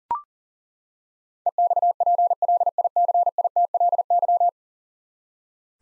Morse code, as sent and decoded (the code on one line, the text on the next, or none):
. -..- .--. .-.. .. -.-. .. - .-.. -.--
EXPLICITLY